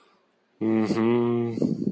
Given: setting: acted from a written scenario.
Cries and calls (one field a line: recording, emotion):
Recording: vocal sound without words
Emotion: romantic love